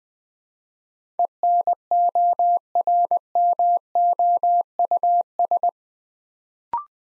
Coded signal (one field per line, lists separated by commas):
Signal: Morse code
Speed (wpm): 20 wpm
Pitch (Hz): 700 Hz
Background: none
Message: ENORMOUS